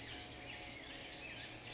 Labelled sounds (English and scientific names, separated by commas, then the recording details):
California Towhee (Melozone crissalis)
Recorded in Sonoma County, California